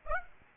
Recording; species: mosquito wingbeat signal from an infrared sensor; Aedes aegypti